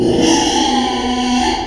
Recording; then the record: squeal of a Yucatan mini pig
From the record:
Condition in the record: after surgery on the right vocal fold (resection and tissue-engineered implant); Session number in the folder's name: 2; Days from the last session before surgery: 13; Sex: male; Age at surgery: 12 weeks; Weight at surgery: 13 kg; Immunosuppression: cyclosporine, prednisolone